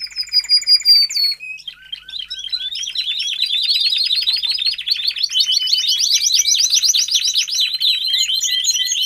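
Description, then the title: Domestic canary singing, opening with quick repeated notes, then a dense rolling trill of fast sweeping notes that continues unbroken to the end. Male Belgian canary singing continuously, used to train and stimulate young canaries. "Canary Training Esquente Seu Filhote E Canario Belga Em 30 Minutos Macho Cantando Muito"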